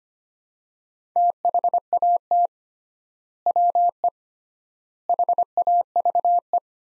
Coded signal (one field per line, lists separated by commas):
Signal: Morse code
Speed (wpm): 25 wpm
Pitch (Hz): 700 Hz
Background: none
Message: THAT WE HAVE